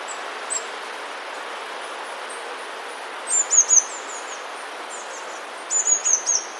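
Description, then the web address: Eurasian blue tit song: two phrases of three or four thin, high notes, a few seconds apart, over a faint hiss. "wroblowe teka spiew modraszkoteka"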